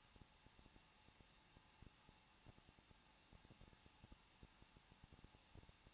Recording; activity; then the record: daily activity, microphone in the room; no activity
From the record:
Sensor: 1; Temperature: 20.1 degrees Celsius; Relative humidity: 39.1%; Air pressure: 1006.4 hPa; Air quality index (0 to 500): 216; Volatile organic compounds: 74 ppm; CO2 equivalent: 3558 ppm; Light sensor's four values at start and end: 1/2/1/1 and 1/2/1/1